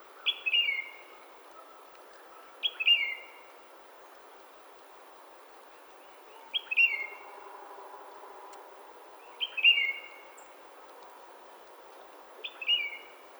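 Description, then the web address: Tufted titmouse giving short, whistled downslurred notes singly every two to four seconds, over a steady background hiss. Recorded 24 March 2007. "Tufted Titmouse 2007 03 24"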